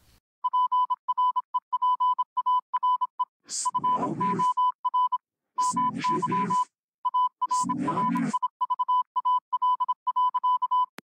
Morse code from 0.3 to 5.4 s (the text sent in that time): PREPARE FOR